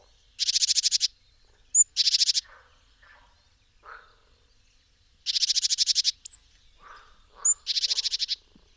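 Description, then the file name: Great tit giving rasping, rapidly pulsed churrs under a second long, separated by short sharp high notes and soft lower chips. "Parus major"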